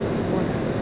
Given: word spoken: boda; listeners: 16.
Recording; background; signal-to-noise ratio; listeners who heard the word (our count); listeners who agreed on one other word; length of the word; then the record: one Spanish word in noise, from a listening test; speech-shaped noise; -5.2 dB; 2 of 16; 6 of 16; 0.42 s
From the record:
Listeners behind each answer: 6, 2, 1, 1, 1, 1, 1, 1, 1, 1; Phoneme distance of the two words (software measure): 20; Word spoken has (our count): 2 syllables, 4 phonemes, stress on syllable 1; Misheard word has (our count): 2 syllables, 4 phonemes, stress on syllable 1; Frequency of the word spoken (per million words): 22.50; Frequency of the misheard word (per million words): 3.84